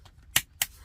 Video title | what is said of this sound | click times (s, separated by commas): TRANSFORMERS HASLAB OMEGA PRIME UNBOXING AND REVIEW PART 1 | Rotate his wings up until they snap into place. | 0.4 s, 0.6 s